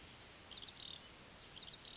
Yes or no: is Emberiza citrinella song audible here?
no